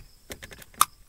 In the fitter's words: you heard it snap okay